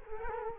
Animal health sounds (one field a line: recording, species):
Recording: mosquito wingbeat signal from an infrared sensor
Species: Culex quinquefasciatus